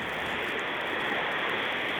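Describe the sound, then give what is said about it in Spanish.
Steady, dense hiss of heavy rain during a passing storm, an unbroken wash of noise with no pauses or distinct drops standing out, heard alone without any voices. “Ah, en realidad estamos escuchando una lluvia.”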